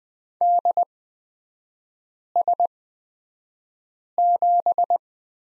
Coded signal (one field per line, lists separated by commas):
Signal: Morse code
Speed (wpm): 20 wpm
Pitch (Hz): 700 Hz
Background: none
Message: DS7